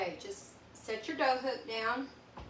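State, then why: Not seated. A dough hook is set down on a stand mixer while someone talks, before the dough hook or tilt head is locked into place. Nothing has seated or clicked yet.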